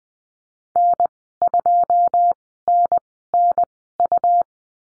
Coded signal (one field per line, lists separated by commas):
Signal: Morse code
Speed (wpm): 20 wpm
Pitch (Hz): 700 Hz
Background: none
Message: N2NNU